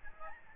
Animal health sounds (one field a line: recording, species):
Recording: mosquito wingbeat signal from an infrared sensor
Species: Aedes albopictus